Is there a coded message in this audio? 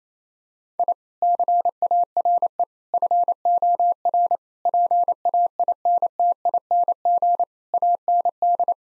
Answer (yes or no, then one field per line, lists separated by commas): yes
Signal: Morse code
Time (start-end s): 0.8-8.7 s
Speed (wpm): 27 wpm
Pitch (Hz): 700 Hz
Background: none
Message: I CARE FOR PAINTING AND